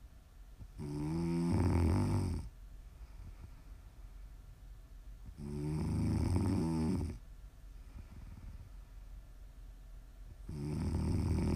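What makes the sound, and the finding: Adult sleeper. Snoring.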